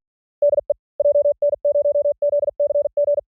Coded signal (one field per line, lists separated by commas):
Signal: Morse code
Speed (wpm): 47 wpm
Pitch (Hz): 580 Hz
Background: none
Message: DE JN0ZCG